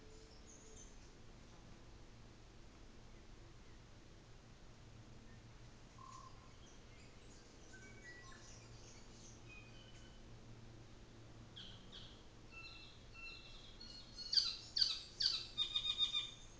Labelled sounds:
New Zealand Fantail
North Island Saddleback
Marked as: faintness 3/5, faintness 1/5
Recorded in New Zealand on 24 December 2018
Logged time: 14:05

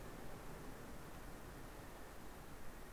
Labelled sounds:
North Island Brown Kiwi male call
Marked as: faintness 5/5
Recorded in New Zealand on 2 November 2013
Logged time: 20:59
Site CV71

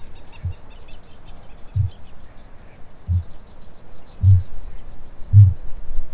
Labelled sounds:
Kākāpō boom
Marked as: faintness 3/5, faintness 2/5
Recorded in New Zealand
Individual Stumpy

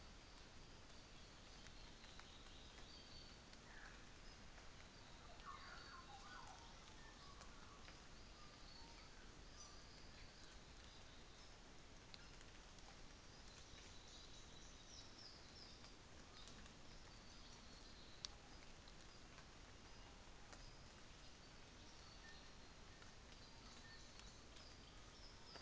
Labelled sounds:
New Zealand Fantail
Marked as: faintness 4/5, faintness 5/5
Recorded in New Zealand on 24 December 2018
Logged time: 09:00

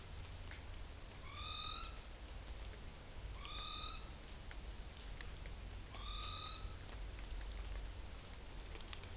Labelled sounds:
Morepork trill
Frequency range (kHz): Morepork 0.8-7.4 kHz
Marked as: faintness 2/5
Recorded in New Zealand on 11 September 2013
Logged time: 02:19
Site Ponui

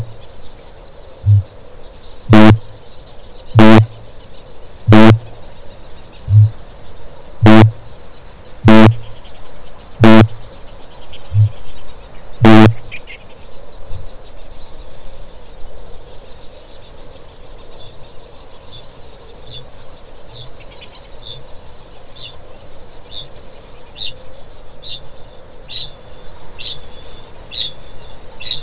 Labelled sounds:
Kākāpō boom
Kākāpō ching call
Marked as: faintness 1/5, faintness 4/5, faintness 3/5
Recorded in New Zealand
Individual Stumpy

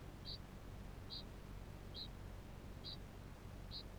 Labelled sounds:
Kākāpō ching call
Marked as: faintness 3/5
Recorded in New Zealand
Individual Barnard

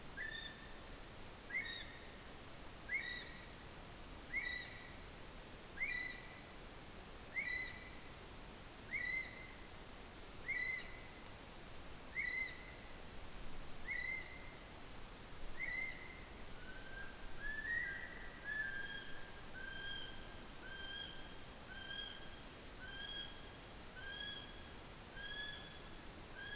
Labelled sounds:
North Island Brown Kiwi male call
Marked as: faintness 2/5
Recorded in New Zealand on 16 June 2014
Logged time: 02:19

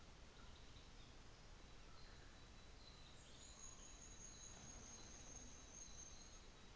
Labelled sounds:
New Zealand Fantail
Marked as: faintness 2/5
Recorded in New Zealand on 24 December 2018
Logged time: 15:45

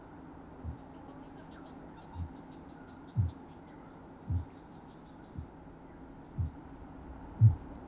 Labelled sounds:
Kākāpō boom
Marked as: faintness 4/5, faintness 3/5
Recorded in New Zealand
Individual Sirocco

